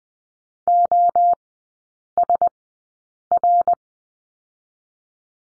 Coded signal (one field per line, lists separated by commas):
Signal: Morse code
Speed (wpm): 19 wpm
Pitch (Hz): 700 Hz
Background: none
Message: OSR